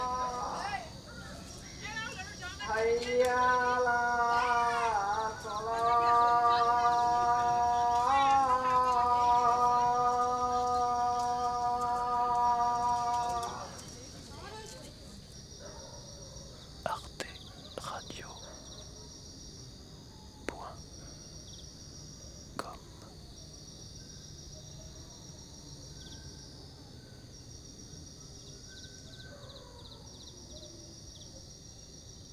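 A sung call, like a muezzin's, in Calcutta rises around the third second and carries long, wavering held notes until about thirteen seconds. Then a quiet hum remains with a few sharp knocks, while a thin, steady insect whine runs throughout.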